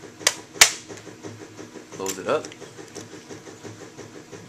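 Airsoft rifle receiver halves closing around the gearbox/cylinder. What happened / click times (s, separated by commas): The housing halves snapped shut with a click / 0.3 s, 0.6 s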